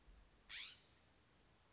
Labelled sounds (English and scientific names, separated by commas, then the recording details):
California Scrub-Jay (Aphelocoma californica)
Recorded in Sonoma County, California